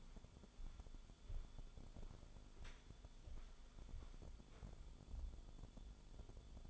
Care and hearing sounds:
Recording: daily activity, microphone in the room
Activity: walk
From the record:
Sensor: 5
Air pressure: 1015.4 hPa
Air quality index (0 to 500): 176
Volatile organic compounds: 6 ppm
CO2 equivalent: 1910 ppm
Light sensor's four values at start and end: 40/91/37/37 and 40/91/37/37

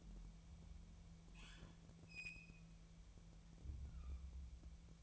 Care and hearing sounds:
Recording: daily activity, microphone in the room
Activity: open fridge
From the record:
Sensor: 1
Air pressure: 1000.1 hPa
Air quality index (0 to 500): 134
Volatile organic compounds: 2 ppm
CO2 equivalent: 1264 ppm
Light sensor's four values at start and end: 34/87/36/44 and 34/87/36/45

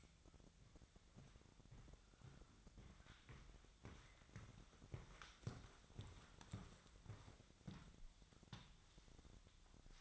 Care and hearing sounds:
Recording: daily activity, microphone in the room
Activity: walk to room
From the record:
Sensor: 3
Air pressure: 999.4 hPa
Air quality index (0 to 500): 196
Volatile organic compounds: 43 ppm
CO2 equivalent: 3198 ppm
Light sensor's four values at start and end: 8/19/8/7 and 8/19/7/7

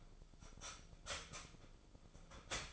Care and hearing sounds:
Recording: daily activity, microphone in the room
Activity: start toaster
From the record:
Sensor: 5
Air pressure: 1009.3 hPa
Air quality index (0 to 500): 171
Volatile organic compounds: 4 ppm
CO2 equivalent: 1656 ppm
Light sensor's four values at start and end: 89/235/96/101 and 89/235/96/101

